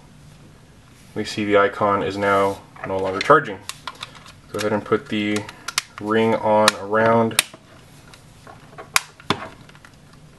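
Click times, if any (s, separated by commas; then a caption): 9.0 s, 9.3 s. A plastic ring is fitted around a 1ByOne battery case on a Galaxy S6 phone and pressed on until it snaps into place. Someone talks, then after a few small taps two loud, sharp snaps are heard at 9.0 s and 9.3 s. The ring is seated.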